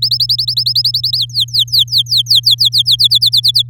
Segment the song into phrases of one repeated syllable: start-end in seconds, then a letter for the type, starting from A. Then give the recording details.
0.02-1.17 A, 1.18-2.96 B, 2.99-3.62 C. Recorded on 9 May 2018 at 08:27. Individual llb16